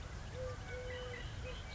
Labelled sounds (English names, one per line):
Eurasian Collared Dove